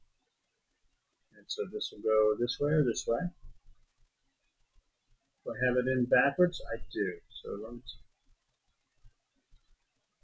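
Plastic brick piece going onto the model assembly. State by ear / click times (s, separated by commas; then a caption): not seated / none. Someone talks while handling a plastic LEGO brick piece meant for the model assembly, notices it is in backwards, turns it around and lines it up before fitting it. Only speech and faint handling sounds are heard, and the piece has not seated or clicked yet.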